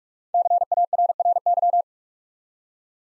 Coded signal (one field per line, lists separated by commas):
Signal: Morse code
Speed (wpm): 44 wpm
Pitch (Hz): 700 Hz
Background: none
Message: CARRY